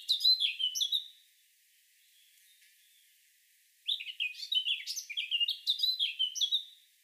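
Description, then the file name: Eurasian blackcap song: the tail of one warbled phrase, a quiet pause of over two seconds, then a longer tumbling phrase of mixed whistles and chatter. "Sylvia atricapilla"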